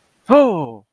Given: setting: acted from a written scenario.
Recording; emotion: vocal sound without words; elation